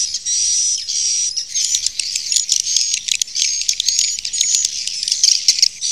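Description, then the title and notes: Swiftlet chirps, with a couple of sustained high buzzy notes at first, then rapid, stuttering clicks and thin whistles mixed into a busy, high-pitched chatter. Sound used for swiftlet farming in Asia. "Swiflet Bird Sound. Farming Swiflet Bird asia sound"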